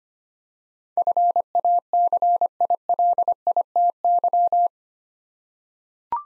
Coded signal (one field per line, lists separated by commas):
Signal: Morse code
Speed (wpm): 25 wpm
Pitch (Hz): 700 Hz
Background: none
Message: FACILITY